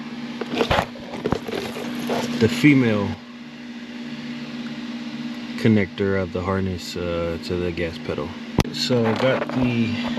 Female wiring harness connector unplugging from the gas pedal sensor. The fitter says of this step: you'll hear it click out of place and then you'll be able to disconnect the harness